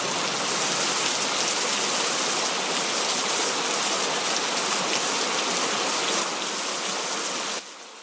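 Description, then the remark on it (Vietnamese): Steady rain patters in a dense, even hiss of droplets, continuous for about seven and a half seconds before dropping abruptly to a thinner, quieter wash. “Bất ngờ có những giọt nước nhỏ nhẹ nhẹ lên vai, lên đầu của Bách. Lại mưa chăng?”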